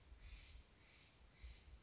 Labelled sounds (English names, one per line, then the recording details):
Steller's Jay
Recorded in Sonoma County, California